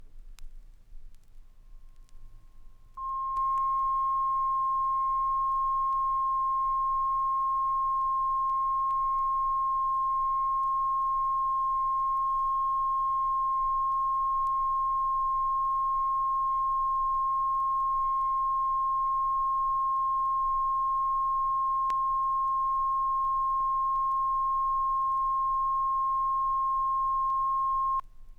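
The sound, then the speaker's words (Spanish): A steady, mid-pitched pure tone begins after a few seconds of near silence and holds unchanged, loud and continuous, until the end. No voices are present. “El siguiente es un sonido medio. Tiene una frecuencia de 1.000 hercios.”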